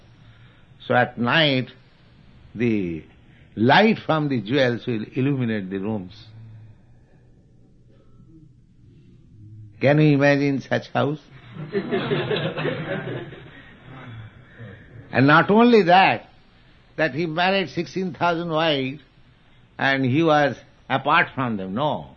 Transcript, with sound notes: so at night the light from the jewels will illuminate the rooms.
Can you imagine such house? [laughter] And not only that, that He married 16,000 wives and He was apart from them—